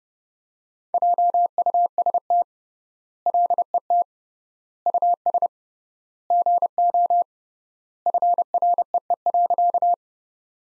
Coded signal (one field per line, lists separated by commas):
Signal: Morse code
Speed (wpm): 32 wpm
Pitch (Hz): 700 Hz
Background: none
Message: JUST LET US GO FREE.